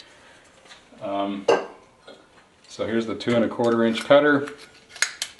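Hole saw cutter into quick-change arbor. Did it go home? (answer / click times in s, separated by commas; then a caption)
no / none. A 2 1/4-inch hole saw cutter is handled next to a Bosch quick-change arbor on a drill press, where it will replace the 3.5-inch bit. Someone talks, and short metallic clinks are heard at about 5.0 and 5.2 seconds. The cutter has not snapped into the arbor yet, so nothing has seated.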